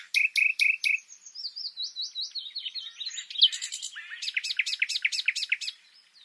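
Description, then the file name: Common nightingale song opening with four loud, evenly spaced notes, then a rapid chain of slurred notes and a fast series of sharp repeated phrases. "Luscinia megarhynchos"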